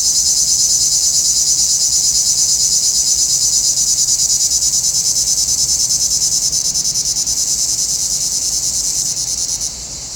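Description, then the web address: Cicada keeps up a pulsing high buzz, then drops in loudness near the end. "Nature Sounds – Nature Chill Out 2014. Sounds from a Rnewood Cicadas"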